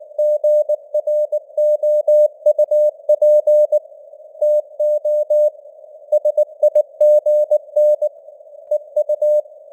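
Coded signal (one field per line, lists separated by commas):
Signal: Morse code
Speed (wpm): 19 wpm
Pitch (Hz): 600 Hz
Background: none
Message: GROUP TO SIGN EU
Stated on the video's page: News headlines in Morse at 19 wpm with simulated radio noise and varying signal strength (QSB).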